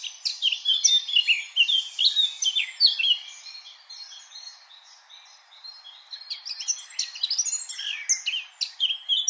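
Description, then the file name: Eurasian blackcap song with rapid chattering and warbling for three seconds, softer twittering in the middle, then renewed rich, varied phrases. "Sylvia atricapilla"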